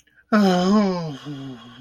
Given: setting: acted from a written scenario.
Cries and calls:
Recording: vocal sound without words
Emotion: disappointment

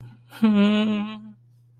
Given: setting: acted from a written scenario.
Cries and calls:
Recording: vocal sound without words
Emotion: romantic love

